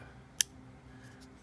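A metal blade of a Kershaw Shuffle 8700 folding pocket knife is moved into its lock position. One sharp click is heard at 0.4 s. The lock needs two clicks and only the first is heard, so the knife is not yet safe.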